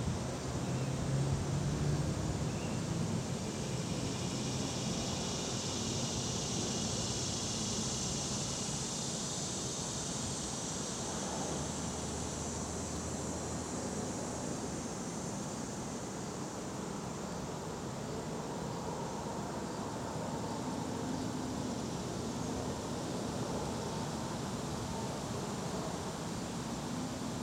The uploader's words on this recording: Catskills, Outdoor Dusk 3 by Bandeto.